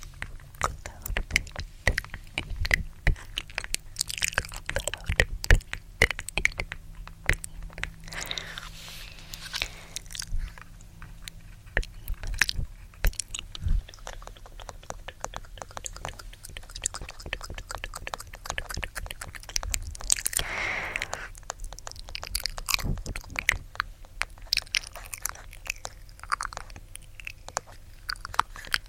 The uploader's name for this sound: Gentle Tapping & Mouth Sounds (Inaudible Whispering, TkTk, Kisses)